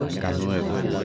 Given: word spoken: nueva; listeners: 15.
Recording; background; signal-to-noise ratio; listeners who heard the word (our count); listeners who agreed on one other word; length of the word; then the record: one Spanish word in noise, from a listening test; eight-talker babble; -2.0 dB; 1 of 15; 7 of 15; 0.64 s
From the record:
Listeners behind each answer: 7, 1, 1, 1, 1, 1, 1, 1, 1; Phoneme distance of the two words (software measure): 10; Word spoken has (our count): 2 syllables, 5 phonemes, stress on syllable 1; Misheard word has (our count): 2 syllables, 5 phonemes, stress on syllable 1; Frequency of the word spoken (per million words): 415.75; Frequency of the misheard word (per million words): 506.44